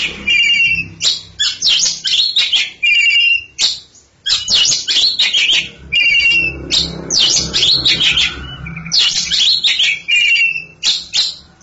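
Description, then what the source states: Oriental magpie-robin delivering continuous bright song of mixed whistles, trills and scratchy notes, with only short gaps between phrases. Champion songbird.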